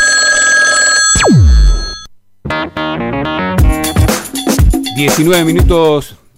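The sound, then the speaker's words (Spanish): On an outgoing call to a telephone with exchange code 71 in Palermo, a steady electronic telephone ring sounds for about a second, then slides down into a falling sweep, followed by a few seconds of someone talking. “Ya hemos llamado a un teléfono de la característica 71, correspondiente a Palermo.”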